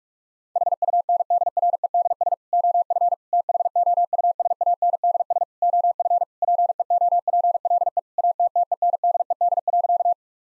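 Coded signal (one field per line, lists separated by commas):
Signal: Morse code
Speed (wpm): 46 wpm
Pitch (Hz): 700 Hz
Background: none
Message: HUNDREDS OF THOUSANDS OF PEOPLE ATTENDED.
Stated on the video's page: Morse practice at 45 wpm, sending sentences built on common four-word phrases for head-copy drill, each sentence sent in Morse, then spoken, then sent again.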